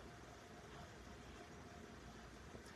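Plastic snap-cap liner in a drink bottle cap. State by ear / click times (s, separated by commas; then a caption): not seated / none. A plastic snap-cap on a supplement drink bottle is twisted and pressed to break the internal plastic liner and release the powder, against a steady, low rumbling background noise with no distinct sharp sounds. Nothing has snapped or clicked yet: the internal liner fails to snap fully open after a struggle, so the contents only drip in.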